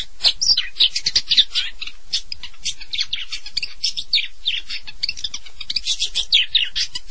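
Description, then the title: Long-tailed shrike song: a busy jumble of scratchy chirps and short squeaky notes, irregular in rhythm and pitch. "Kicau Burung Pentet"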